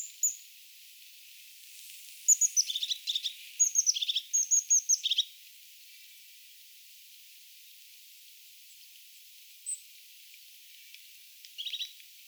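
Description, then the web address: European crested tit calling, a rapid burst of many very high, thin notes over about three seconds, then a few scattered single notes against a faint hiss. Recorded 9 January 2025; the sound is apparently the crested tit imitating a goldcrest. "paivat 9 1 2025 ilmeisesti myos tuo hippiaismatkinta on toyhtotiaisen"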